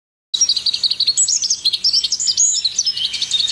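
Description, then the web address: Bird chirping in a rapid, continuous high twitter of thin notes that runs without pause after a brief silent start. "Chika Pengusir-Hama-Burung-Otomatis. dataset bird"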